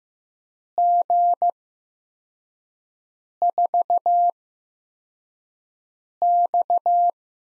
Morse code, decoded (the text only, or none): G4X